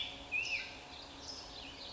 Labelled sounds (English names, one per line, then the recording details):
California Towhee
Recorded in Sonoma County, California